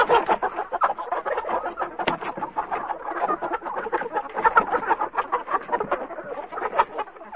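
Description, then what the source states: Chickens keep up a thick, unbroken chorus of clucks and short squawks, many birds calling over one another. Chickens in a chicken coop.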